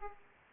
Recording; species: mosquito wingbeat signal from an infrared sensor; Aedes aegypti